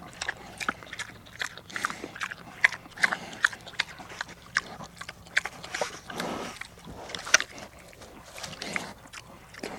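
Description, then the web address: Pig eating, with wet chomping, clicking bites and snuffling bursts that come irregularly, several per second at times. "Tom Hutchings Pig Eating and Snuffling"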